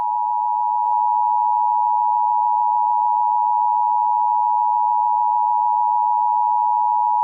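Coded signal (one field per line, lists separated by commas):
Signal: Emergency Alert System (SAME) tones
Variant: 853 and 960 Hz attention tone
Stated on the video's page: A fictional EAS scenario.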